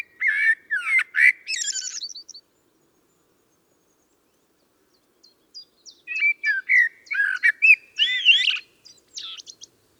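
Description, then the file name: Common blackbird singing two warbling phrases separated by a pause of about three seconds; low whistled notes give way to rapid high chattering notes. "Turdus merula"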